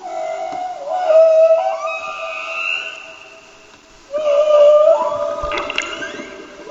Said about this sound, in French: Waouh! Ouais, c'est presque émouvant. Voilà. Donc, vous venez d'entendre un magnifique chant de baleine, et plus précisément de baleine à bosse, spécialiste dans ce domaine.